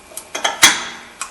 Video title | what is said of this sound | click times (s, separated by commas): Front Brake Replacement 2009-2016 Audi A4 | you'll hear it snap right in. | 0.6 s